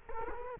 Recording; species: mosquito wingbeat signal from an infrared sensor; Culex quinquefasciatus